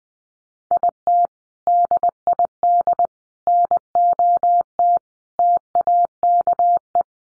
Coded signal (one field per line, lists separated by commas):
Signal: Morse code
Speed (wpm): 20 wpm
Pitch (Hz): 700 Hz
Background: none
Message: IT DID NOT TAKE